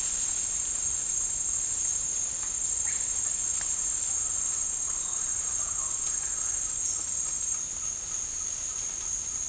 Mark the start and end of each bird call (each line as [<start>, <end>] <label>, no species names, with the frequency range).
[6.64, 9.48] bird call (0.8-2.1 kHz)